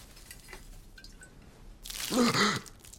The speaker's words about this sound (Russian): Вылили на голову воду.